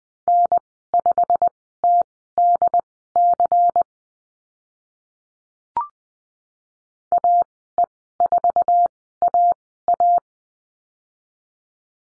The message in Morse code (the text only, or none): N5TDC AE4AA